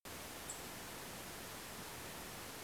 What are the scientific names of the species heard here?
none